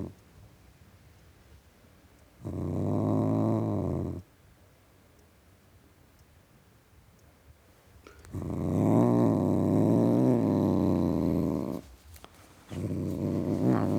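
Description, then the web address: Domestic cat growling in low, rumbling bursts of about two to four seconds, three separate growls broken by quiet gaps, the last one cut short. Male tom cat, growling. "BBC Sound Effects Library. Tom Cat Growling"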